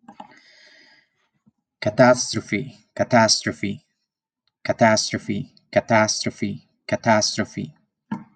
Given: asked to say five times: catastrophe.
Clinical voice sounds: repeated word; male; 40 to 49 years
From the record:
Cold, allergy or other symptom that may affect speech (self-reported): no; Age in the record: 42 years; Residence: California, United States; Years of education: 17

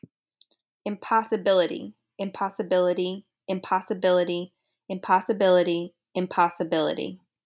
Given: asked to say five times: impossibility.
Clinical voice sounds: repeated word; female; 20 to 29 years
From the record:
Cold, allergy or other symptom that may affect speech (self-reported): no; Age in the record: 28 years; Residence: New York, United States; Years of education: 18

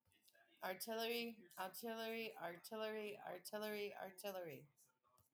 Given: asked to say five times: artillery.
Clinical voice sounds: repeated word; female; 40 to 49 years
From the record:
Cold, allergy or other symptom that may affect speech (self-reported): no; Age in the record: 45 years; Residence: New Mexico, United States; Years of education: 13

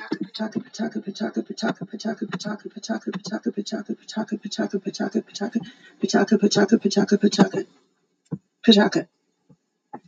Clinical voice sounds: repeated syllables /pa ta ka/; female; 30 to 39 years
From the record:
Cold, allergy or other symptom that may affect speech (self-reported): no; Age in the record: 39 years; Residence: Utah, United States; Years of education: 12

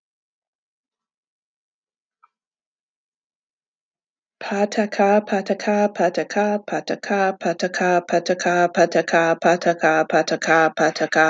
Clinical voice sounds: repeated syllables /pa ta ka/; female; 30 to 39 years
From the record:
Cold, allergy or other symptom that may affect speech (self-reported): no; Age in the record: 35 years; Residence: Pennsylvania, United States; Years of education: 16

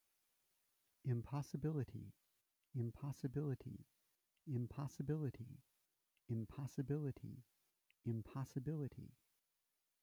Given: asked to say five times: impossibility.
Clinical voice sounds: repeated word; male; 50 to 59 years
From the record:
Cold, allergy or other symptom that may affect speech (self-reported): no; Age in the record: 57 years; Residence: Texas, United States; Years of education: 21

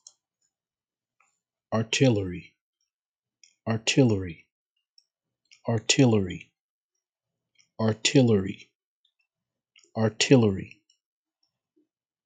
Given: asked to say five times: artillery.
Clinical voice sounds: repeated word; male; 40 to 49 years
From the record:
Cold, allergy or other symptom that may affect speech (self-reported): no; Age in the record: 41 years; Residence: Texas, United States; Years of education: 16

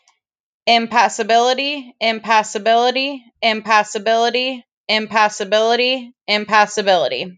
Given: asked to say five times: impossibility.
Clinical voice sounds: repeated word; female; 20 to 29 years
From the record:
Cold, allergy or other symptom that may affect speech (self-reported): no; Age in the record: 29 years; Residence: Michigan, United States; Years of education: 14

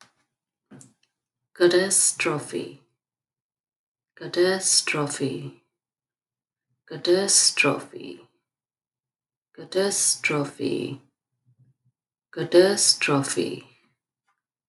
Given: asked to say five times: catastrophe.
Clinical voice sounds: repeated word; female; 30 to 39 years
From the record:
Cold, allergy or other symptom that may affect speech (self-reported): no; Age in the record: 35 years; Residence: New York, United States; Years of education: 4

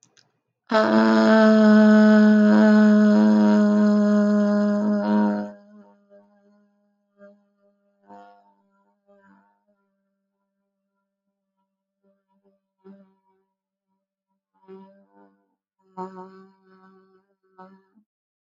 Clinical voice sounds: vowel held as long as possible; female; 20 to 29 years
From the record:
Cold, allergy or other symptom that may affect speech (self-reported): no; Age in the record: 29 years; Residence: United States

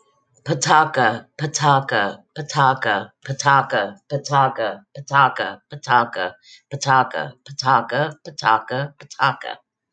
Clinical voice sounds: repeated syllables /pa ta ka/; female; 50 to 59 years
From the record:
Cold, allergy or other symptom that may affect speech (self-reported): no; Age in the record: 50 years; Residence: Texas, United States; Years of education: 14

